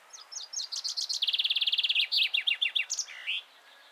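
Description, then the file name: Common chaffinch song, one phrase of about three and a half seconds: several spaced notes, a fast even trill, then slower descending notes and a final flourish. "Fringilla coelebs"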